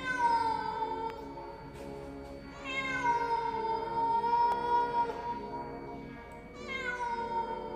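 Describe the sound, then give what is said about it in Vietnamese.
A black, long-tailed cat yowls loudly in three long, drawn-out cries, each a wavering, harmonic wail that rises and bends in pitch, with short pauses between them and no talking. “Nó quay lại nhìn ông thầy Tàu rồi cất tiếng kêu lên vang vọng.”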